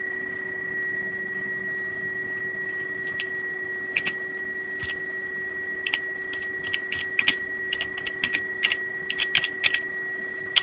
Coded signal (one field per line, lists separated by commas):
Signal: PSK31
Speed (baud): 31.25 baud